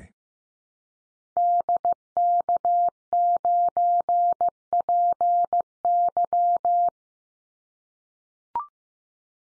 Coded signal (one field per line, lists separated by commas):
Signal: Morse code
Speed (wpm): 15 wpm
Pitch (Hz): 700 Hz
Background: none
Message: DK9PY